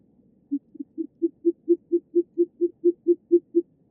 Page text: Голос птицы - Болотная сова